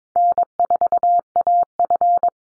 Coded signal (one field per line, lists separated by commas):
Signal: Morse code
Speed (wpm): 22 wpm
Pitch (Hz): 700 Hz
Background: none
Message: N4AF